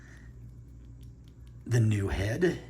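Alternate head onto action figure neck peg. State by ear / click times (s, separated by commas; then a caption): not seated / none. An alternate plastic head is pushed onto an action figure's neck peg, with faint small ticks of handling before someone talks over the rest of the clip. The swap head does not snap into place, though it is secure, and nothing has seated or clicked.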